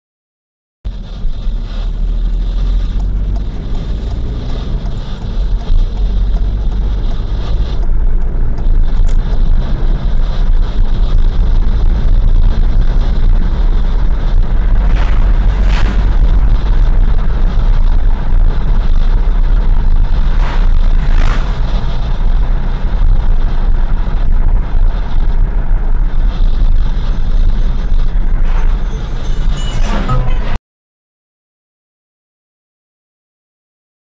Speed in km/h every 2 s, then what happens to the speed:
21, 34, 41, 52, 59, 63, 66, 68, 68, 66, 66, 65, 61, 57, 53, 50, 49.
0-14 speeds up to 68. 14-23 steady at about 66. 23-29 slows to 50.